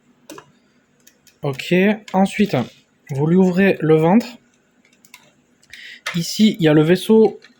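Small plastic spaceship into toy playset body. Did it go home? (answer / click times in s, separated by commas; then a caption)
no / none. A small dark-red plastic spaceship is being handled at the opened belly of a toy playset body, ready to be clipped in, while someone talks. Short plastic ticks and taps from the handling sound between the speech. Nothing has seated or clicked yet.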